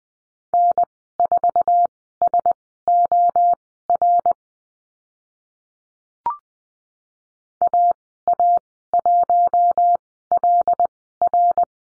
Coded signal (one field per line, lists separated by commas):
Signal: Morse code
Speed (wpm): 20 wpm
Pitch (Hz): 700 Hz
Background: none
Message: N4SOR AA1LR